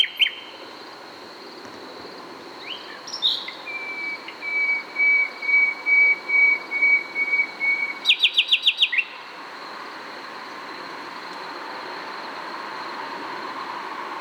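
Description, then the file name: Common nightingale song: a slow series of pure whistles, ending in a rapid stuttering trill, over a continuous high drone. "Luscinia megarhynchos"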